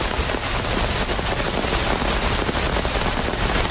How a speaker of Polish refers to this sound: Przelotne opady deszczu możliwe tylko na północy ziemi lubuskiej, Wielkopolski i Mazowsza. Tak się szczęśliwie składa, że mamy próbkę tego deszczu.